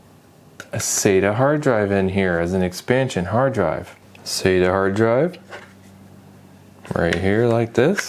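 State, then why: Not seated. A 2.5-inch SATA hard drive is handled at the expansion bay/adapter of a Kamrui Intel N95 4-core mini PC while someone talks, with a brief sharp handling sound at 0.6 s. The drive has not seated or snapped into place yet.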